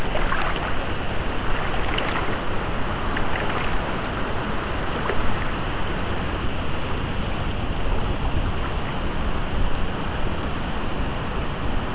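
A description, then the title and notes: Swimming in the Charente river: a steady, dense wash of churning water fills the whole twelve seconds, rumbling low and hissing up top with no pauses. Brief brighter splashes flick through now and then, around two, five and eight seconds. Wildswimming in France. In this episode I take a swim along a section of the Charente river near Chatain in the Poitou-Charente region of France. I start upstream at the bridge and go down as far as the weir, then back.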